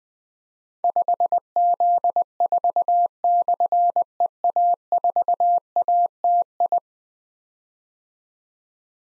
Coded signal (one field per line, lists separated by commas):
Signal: Morse code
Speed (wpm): 20 wpm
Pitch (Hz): 700 Hz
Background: none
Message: 5Z4/EA4ATI